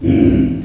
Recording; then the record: squeal of a Yucatan mini pig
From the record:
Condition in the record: after surgery on the right vocal fold (resection and tissue-engineered implant); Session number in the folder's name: 1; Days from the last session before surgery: 13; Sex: female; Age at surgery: 19 weeks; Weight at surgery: 25 kg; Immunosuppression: prednisolone